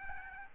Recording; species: mosquito wingbeat signal from an infrared sensor; Aedes albopictus